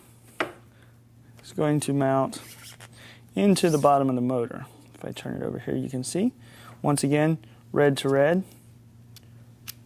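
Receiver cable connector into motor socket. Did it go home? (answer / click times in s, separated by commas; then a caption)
yes / 9.7 s. Someone talks while a small plastic receiver cable connector is lined up red dot to red dot and pushed into the socket on the bottom of a motor. A short, sharp click at 9.7 s marks the connector snapping into place, and it is seated.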